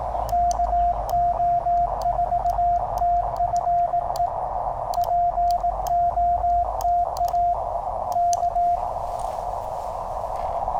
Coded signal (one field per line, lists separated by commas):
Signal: Morse code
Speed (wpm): 18 wpm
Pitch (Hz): 700 Hz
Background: radio noise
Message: KO4TFE POTA K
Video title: Toughing it out with the Penntek TR-35! #qrp #hamradio #cw #morsecode